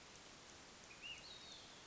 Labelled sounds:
Ash-throated Flycatcher (Myiarchus cinerascens)
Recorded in Sonoma County, California

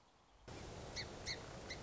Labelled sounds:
Song Sparrow (Melospiza melodia)
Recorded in Sonoma County, California

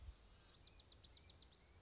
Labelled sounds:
Bewick's Wren (Thryomanes bewickii)
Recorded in Sonoma County, California

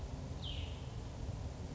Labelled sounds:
Cassin's Vireo (Vireo cassinii)
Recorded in Sonoma County, California

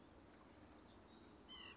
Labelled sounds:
White-breasted Nuthatch (Sitta carolinensis)
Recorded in Sonoma County, California

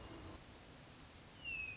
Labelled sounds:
Hermit Thrush (Catharus guttatus)
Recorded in Sonoma County, California

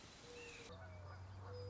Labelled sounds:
Mourning Dove (Zenaida macroura)
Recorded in Sonoma County, California

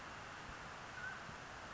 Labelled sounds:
Mountain Quail (Oreortyx pictus)
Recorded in Sonoma County, California

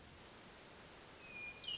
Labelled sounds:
Hermit Thrush (Catharus guttatus)
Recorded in Sonoma County, California

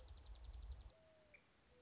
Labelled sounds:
Mourning Dove (Zenaida macroura)
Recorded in Sonoma County, California

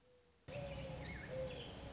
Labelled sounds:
Mourning Dove (Zenaida macroura)
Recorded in Sonoma County, California

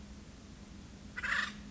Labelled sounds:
Acorn Woodpecker (Melanerpes formicivorus)
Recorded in Sonoma County, California

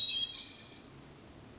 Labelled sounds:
Hermit Thrush (Catharus guttatus)
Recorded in Sonoma County, California

